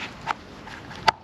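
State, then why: Seated. During a full service on a 2013 Audi A4 Avant 2.0 TDI, a new filter is slotted into its housing the right way up and pushed in. A smaller sharp tap is heard at 0.3 s, then a loud, crisp click at 1.1 s as the filter seats in its housing.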